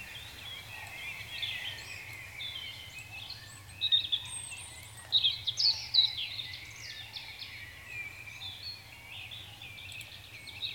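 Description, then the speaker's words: European robin song: thin, high warbled phrases and trills in irregular bursts with quieter gaps; a faint low hum persists underneath. Played as an example recording; a common small bird throughout Finland's coniferous forests, a thrush relative that starts singing very early. "Det som Levi också ville höra var hur låter Rödhaken?"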